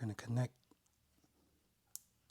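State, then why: Seated. Someone talks briefly, then pushes the Custom Dynamics lower fairing light's wire plug into the right front turn signal wire connector on a 2019 Street Glide CVO motorcycle. A sharp click at 1.9 s marks the connector latching, and it is seated.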